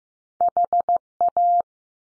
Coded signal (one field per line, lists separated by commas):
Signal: Morse code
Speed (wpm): 15 wpm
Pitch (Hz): 700 Hz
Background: none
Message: H A